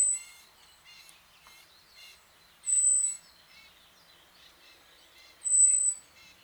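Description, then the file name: Common blackbird giving thin, high, drawn-out whistled calls on one steady pitch, three of them spaced about 2.7 seconds apart, over faint chirping of other birds. "Turdus merula"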